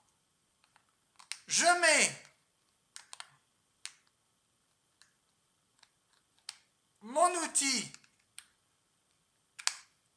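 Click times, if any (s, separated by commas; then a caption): 9.7 s. A flexible multi-shape sanding accessory is fitted onto the head of an oscillating multitool before its M12 nut goes on, while someone talks. Scattered light clicks and taps run through the clip, ending with a sharp snap at 9.7 s as the accessory clips onto the tool head and seats.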